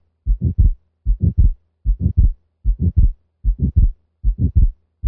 Murmur often heard in atrial septal defect is actually caused by relative pulmonic stenosis, and this is crescendo-decrescendo in contour usually medium-pitched in quality, and is typically relatively soft and of short duration. The murmur is usually most prominent in the pulmonic area and is heard best with the diaphragm of the stethoscope. Simulated ejection systolic murmur of atrial septal defect, which is followed by fixed splitting of S2.